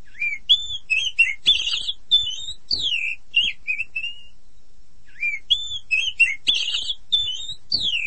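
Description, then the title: Oriental magpie-robin song of clear fluty whistled phrases with down-slurred notes and chirps, a brief silence midway, then a similar phrase sequence repeated. "Kicau Kacer"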